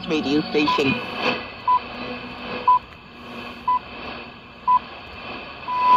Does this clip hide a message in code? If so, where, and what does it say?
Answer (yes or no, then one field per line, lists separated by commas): no